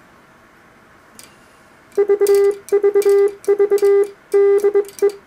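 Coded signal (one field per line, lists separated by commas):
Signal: Morse code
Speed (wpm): 21 wpm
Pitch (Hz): 400 Hz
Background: none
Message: VVV DE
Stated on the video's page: Morse sent on a 1906 Vibroplex bug, testing its speed control.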